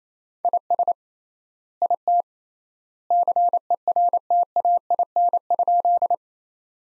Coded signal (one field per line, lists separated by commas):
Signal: Morse code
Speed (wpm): 28 wpm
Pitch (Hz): 700 Hz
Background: none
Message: IS IT CERTAIN?